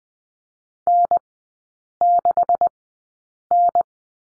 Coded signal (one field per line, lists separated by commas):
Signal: Morse code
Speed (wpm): 20 wpm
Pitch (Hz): 700 Hz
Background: none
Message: N6N